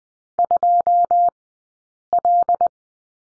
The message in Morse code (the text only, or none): 2L